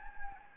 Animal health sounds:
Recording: mosquito wingbeat signal from an infrared sensor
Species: Anopheles gambiae

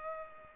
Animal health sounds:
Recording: mosquito wingbeat signal from an infrared sensor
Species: Culex pipiens

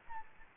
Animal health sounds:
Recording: mosquito wingbeat signal from an infrared sensor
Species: Aedes albopictus

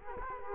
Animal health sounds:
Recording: mosquito wingbeat signal from an infrared sensor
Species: Culex quinquefasciatus

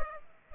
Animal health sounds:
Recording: mosquito wingbeat signal from an infrared sensor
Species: Culex pipiens

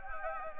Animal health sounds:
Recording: mosquito wingbeat signal from an infrared sensor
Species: Anopheles gambiae

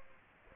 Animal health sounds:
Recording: mosquito wingbeat signal from an infrared sensor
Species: Aedes aegypti

